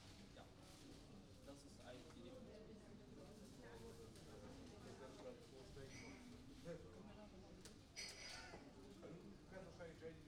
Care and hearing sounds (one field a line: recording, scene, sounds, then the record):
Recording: everyday scene through a hearing-aid microphone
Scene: many people talking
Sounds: many voices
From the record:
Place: university cafeteria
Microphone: in the ear canal, right